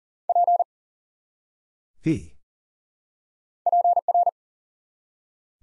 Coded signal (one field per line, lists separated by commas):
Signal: Morse code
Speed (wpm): 40 wpm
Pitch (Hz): 700 Hz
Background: none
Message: P PR